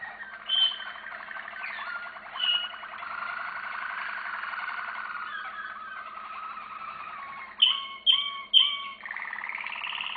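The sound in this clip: Canary singing a long rolling trill, then a burst of three loud, sharp whistled notes followed by a rising sweep.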